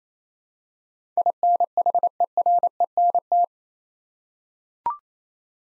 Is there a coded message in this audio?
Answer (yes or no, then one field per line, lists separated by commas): yes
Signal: Morse code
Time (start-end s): 1.2-3.4 s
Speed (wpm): 27 wpm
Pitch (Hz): 700 Hz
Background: none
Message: INHERENT